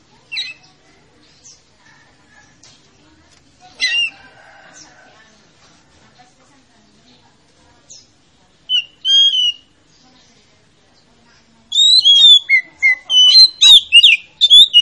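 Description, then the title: Oriental magpie-robin singing: a few scattered notes at first, then a loud run of quick whistles and chips near the end. Lure to make a reluctant magpie-robin that is slow to sing start singing. "Pancingan Kacer Yg Malas Bunyi"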